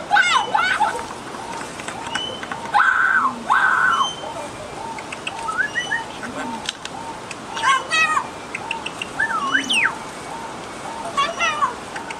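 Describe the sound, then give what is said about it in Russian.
A lyrebird runs through a varied medley of mimicked calls: clicks, whistles, rising sweeps and meow-like cries, over a steady, regular series of soft repeated notes. “В общем, лирохвост – такой пересмешник, который совершенно удивительно имитирует, например, ну и человеческую речь он может имитировать.”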